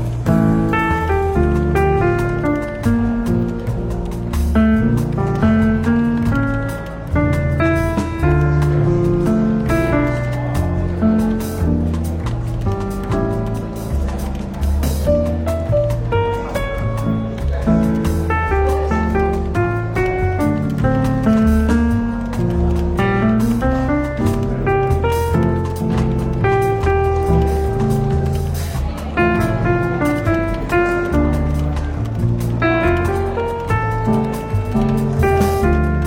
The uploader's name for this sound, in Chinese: 伦敦书店咖啡馆轻微喧闹氛围与柔和轻松的爵士背景音乐